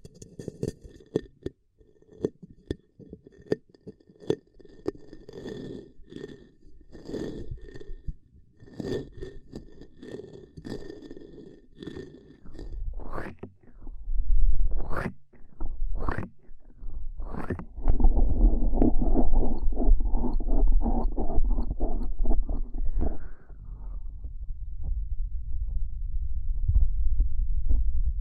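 Ear cupping sounds: hands rub and crackle over the ears in quick, gritty bursts for the first dozen seconds. Around 14 to 18 seconds come louder hollow thumps, then a dense, muffled rumbling press that softens into a low, steady hush toward the end.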